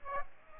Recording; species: mosquito wingbeat signal from an infrared sensor; Aedes aegypti